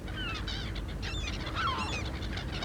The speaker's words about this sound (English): Yes, Kay is a parrot.